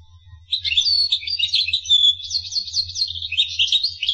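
Finch singing a continuous high, jumbled twitter of quick chirps and trills after a brief pause, low hum in the background.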